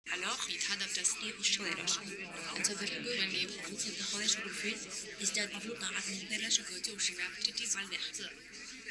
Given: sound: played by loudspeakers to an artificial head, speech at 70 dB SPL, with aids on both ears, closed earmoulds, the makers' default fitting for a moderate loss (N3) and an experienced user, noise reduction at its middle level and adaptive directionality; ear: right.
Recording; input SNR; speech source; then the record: speech test signal (ISTS) in cocktail-party noise; 0 dB; in front (0 degrees)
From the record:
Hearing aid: class 1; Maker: H